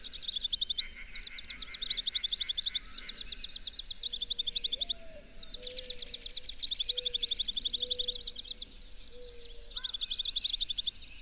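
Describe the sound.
Bird: high chattering trills, louder bursts recurring every couple of seconds over continuous softer trilling, with a series of faint low whistles in the middle.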